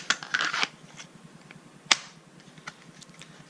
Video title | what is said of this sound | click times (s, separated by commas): T-Rex sidecar review | Clicks, and that's how it goes. | 1.9 s